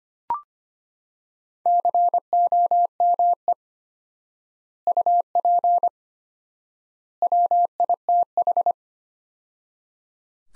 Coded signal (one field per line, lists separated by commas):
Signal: Morse code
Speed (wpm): 25 wpm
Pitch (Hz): 700 Hz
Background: none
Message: COME UP WITH